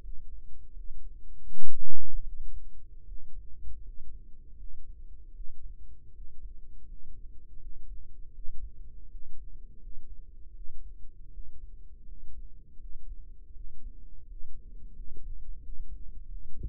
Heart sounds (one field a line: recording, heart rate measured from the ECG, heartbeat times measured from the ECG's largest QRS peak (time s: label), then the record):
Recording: heart sounds by microphone in the right ear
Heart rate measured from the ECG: 81 bpm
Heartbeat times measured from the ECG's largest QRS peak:
0.00 s: heartbeat
0.72 s: heartbeat
1.43 s: heartbeat
2.23 s: heartbeat
3.04 s: heartbeat
3.81 s: heartbeat
4.55 s: heartbeat
5.31 s: heartbeat
6.11 s: heartbeat
6.84 s: heartbeat
7.58 s: heartbeat
8.31 s: heartbeat
9.07 s: heartbeat
9.78 s: heartbeat
10.51 s: heartbeat
11.29 s: heartbeat
12.03 s: heartbeat
12.77 s: heartbeat
13.52 s: heartbeat
14.25 s: heartbeat
14.92 s: heartbeat
15.60 s: heartbeat
16.26 s: heartbeat
From the record:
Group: healthy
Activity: rest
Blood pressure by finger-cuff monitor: 87/61 mmHg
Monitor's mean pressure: 68 mmHg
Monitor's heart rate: 81 bpm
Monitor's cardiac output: 5 L/min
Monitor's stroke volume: 62 mL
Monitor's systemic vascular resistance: 960 dyn s/cm5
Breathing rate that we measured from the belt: 23 breaths a minute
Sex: male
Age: 22 years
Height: 181 cm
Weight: 60 kg